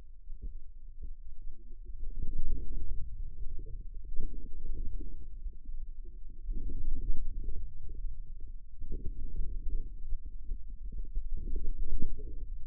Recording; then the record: forearm muscle sounds (acoustic myography)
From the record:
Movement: inward rotation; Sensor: system 2, bracelet of six BSWA MPA416 microphones around the upper forearm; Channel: 5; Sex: male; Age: 22 years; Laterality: right